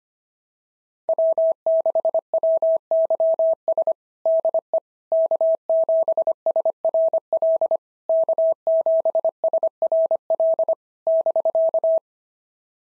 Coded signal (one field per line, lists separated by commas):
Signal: Morse code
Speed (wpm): 25 wpm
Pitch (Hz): 650 Hz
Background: none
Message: W6WYS DE K7SRL K7SRL <BK>